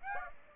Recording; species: mosquito wingbeat signal from an infrared sensor; Aedes aegypti